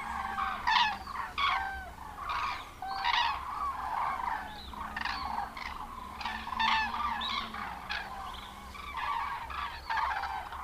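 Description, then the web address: Common crane calls, loud trumpeting notes repeated in overlapping series, several birds calling together over a low steady hum. "Madardalok Cd 3-Daru"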